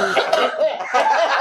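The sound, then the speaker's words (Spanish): A segment's theme jingle built around coughing: repeated rough cough bursts layered over a tuneful melody, staying fairly loud and steady for about a second and a half. “vamos a hacer una nueva sesión que se llama La Tos, que tiene hasta su propia sintonía”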